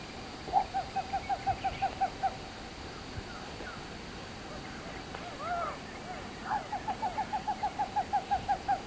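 Black-tailed trogon calling, a quick series of short hooting notes, a pause with a few odd louder calls, then another rapid run of similar notes over faint hiss.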